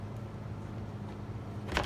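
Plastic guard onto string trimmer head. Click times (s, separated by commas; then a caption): 1.8 s. A plastic guard is slid onto the head of a WORX WG170 GT 20V grass trimmer/edger/mini-mower until it snaps into place, confirmed as seated. A steady low hum runs under the clip, then one sharp snap lands at 1.8 s. Someone talks.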